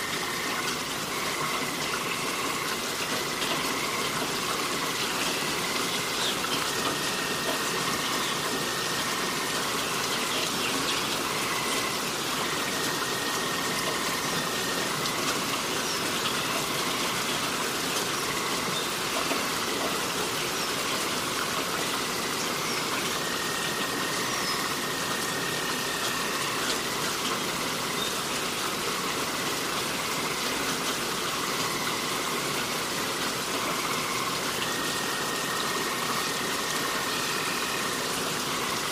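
Steady, dense rain hisses without a break for the whole clip, with a faint wavering tone rising and falling in the background.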